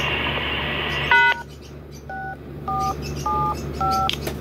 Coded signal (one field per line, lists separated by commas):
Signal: DTMF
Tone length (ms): 280 ms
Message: #6475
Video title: Talking repeater cor clock dtmf